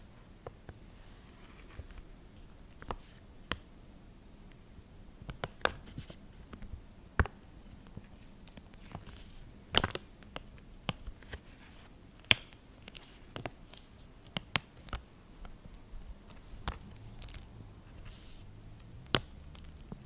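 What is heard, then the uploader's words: Sharp, dry taps on a lid come at an irregular pace, sometimes singly and sometimes in quick little clusters, with a few louder knocks around the middle and end. Between them it stays quiet apart from a low hum and a faint high whine. ASMR Triggers to Sleep 99,9% Tapping, Lid Sounds etc.(No Talking).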